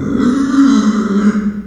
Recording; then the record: squeal of a Yucatan mini pig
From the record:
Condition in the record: after surgery on the right vocal fold (resection and tissue-engineered implant); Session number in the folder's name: 9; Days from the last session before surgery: 65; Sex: female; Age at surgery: 19 weeks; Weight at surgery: 25 kg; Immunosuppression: prednisolone